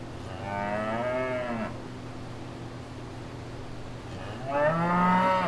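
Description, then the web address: Cow lowing: one moo, a few seconds of low humming background, then a second moo starting near the end. Cow at fair grounds. "Sound Effects-Blastwave ANIMALS Cow Fair Grounds"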